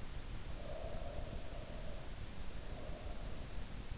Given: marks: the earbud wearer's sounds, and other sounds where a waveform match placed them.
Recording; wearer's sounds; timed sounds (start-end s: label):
sounds in sleep by an in-ear microphone; breath
0.65-3.28 s: breath